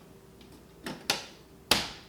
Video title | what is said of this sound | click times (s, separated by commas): WIFI DIMMER SWITCH INSTALL (GOSUND/GHOME) - simple procedure with lots of benefits! | I like these GOSUND switches because the trims don't require any screws, they just snap into place. | 1.1 s, 1.7 s